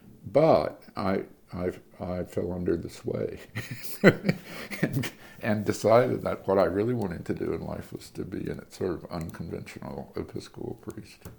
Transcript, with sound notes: But I fell under the sway. [laughter] And decided that what I really wanted to do in life was to be a sort of unconventional Episcopal priest.